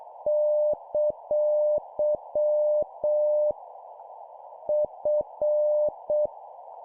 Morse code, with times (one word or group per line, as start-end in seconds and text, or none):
0.3-3.5 !
4.7-6.3 F